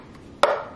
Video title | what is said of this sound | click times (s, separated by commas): LUXURY HAIR CARE HAUL AND DEMO: DYSON, ORIBE, OLAPLEX - VLOGMAS DAY 15 | a click click is always a good thing | 0.4 s